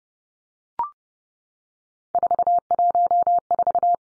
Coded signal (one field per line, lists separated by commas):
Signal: Morse code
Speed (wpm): 30 wpm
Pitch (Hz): 700 Hz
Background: none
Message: 414